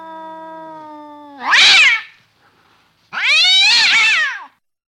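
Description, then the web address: Domestic cat meowing: a steady drawn tone leading into a loud meow, then after a short pause a second loud, strained meow that rises and falls. "animal cat"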